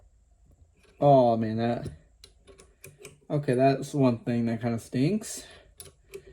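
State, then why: Not seated. A screwdriver bit is pushed into the hex chuck of a Milwaukee impact driver, with faint sharp taps around 2.2–3.1 s and again near 5.8–6.4 s while someone talks. The bit does not click into the chuck and has to be helped in by hand, so nothing has seated or clicked yet.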